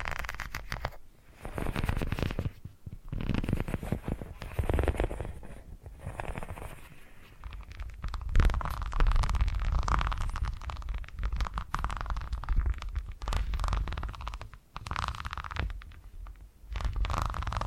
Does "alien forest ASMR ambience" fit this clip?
no